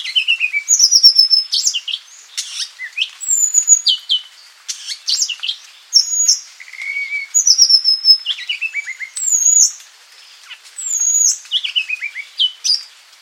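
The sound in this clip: Madagascar magpie-robin singing a lively medley of whistled notes, descending slurred trills and sharp chips, phrases repeating in bursts with a short quiet gap near the end.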